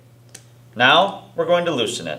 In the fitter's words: our click now